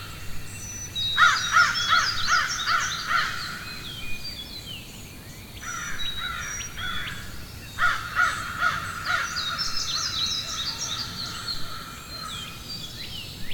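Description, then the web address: Crow cawing in two main bursts of rapid, hoarse caws, with thin bird chirps and whistles around them. Forest ambience with crows and other birds chirping. "Wav Junction Sound Effects - Ambience Forest Crows Birds Chirping"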